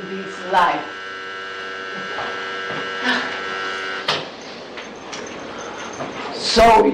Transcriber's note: an alarm buzzer is going off, someone gets up to attend to it